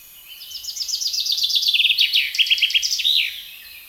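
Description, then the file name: Common chaffinch song: a cascading trill of crisp notes steps down in pitch over about three seconds and ends in a loud, slurred final flourish. "Fringilla coelebs"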